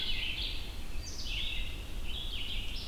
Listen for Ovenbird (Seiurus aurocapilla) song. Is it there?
no